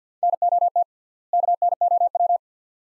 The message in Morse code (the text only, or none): NOT KNOW